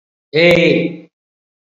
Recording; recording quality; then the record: sustained vowel as in made; excellent, no background noise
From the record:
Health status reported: COVID-19 positive, mild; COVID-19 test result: positive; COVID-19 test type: rapid antigen test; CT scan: not taken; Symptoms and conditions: cough, breathing difficulty, fever, fatigue, muscle pain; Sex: male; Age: 34 years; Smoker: no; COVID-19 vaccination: both doses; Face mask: worn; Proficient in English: no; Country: India